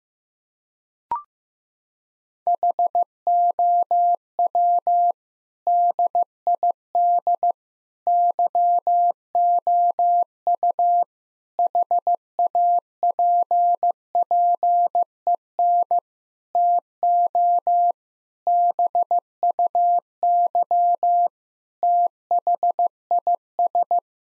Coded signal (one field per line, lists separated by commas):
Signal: Morse code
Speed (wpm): 16 wpm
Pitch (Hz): 700 Hz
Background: none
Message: HOW DID YOU HAPPEN TO BUY THIS